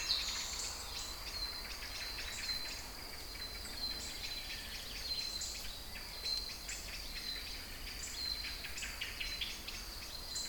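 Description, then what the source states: Songbirds calling, many quick high chirps over a thin high tone that recurs throughout. Kouri Forest, Thessaloniki, Greece; recorded 22 05 12 at 18:35.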